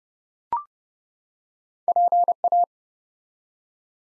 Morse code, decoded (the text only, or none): PA